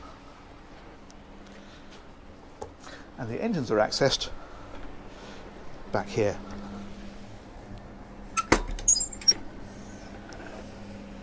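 On a 1995 Canados 18 motor yacht, the engine access hatch is lifted while someone talks, with jangling, rattling handling noises and sharp knocks around 8.4–9.1 s. The hatch stay is being moved toward its locked-open position, but nothing has seated or clicked yet.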